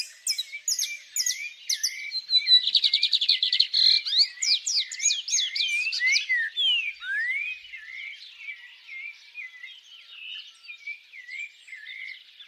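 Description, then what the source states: Bird song with rapid trills and slurred, whistled sweeps, some notes rising and falling, continuing throughout. Birds singing at dawn.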